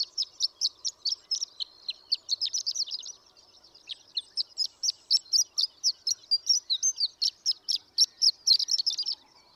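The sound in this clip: Horned lark singing high tinkling notes in a rapid series, pausing briefly midway before continuing.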